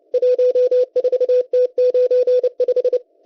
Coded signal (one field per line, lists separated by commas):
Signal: Morse code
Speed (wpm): 30 wpm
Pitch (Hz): 500 Hz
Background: none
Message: 14T95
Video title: M12 Morse Code Numbers 25/04/2024 2020 UTC 11139kHz